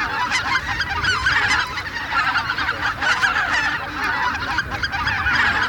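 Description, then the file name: Greater white-fronted goose chatter from a large flock, busy overlapping honking and cackling that swells and dips without stopping. Flock chatter of many geese, used as a hunting decoy lure. "Белолобый базар"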